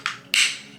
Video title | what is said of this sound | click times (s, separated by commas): 5 things you NEED after buying your first firearm | snaps in when you hear that click you know it's secure | 0.3 s